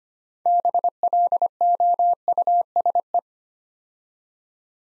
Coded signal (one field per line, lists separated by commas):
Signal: Morse code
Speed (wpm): 25 wpm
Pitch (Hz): 700 Hz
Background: none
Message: BLOUSE